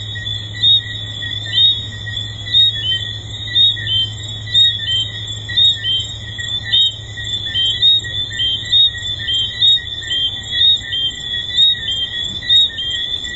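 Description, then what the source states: Tree frogs chirp in a continuous chorus, loud high notes recurring roughly each second over a steady ringing drone, with a low hum underneath. Several tree frogs recorded at Hedonism II resort.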